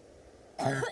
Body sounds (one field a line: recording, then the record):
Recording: coughing mixed with background sound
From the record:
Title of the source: 1125 Coughing SOUND Effect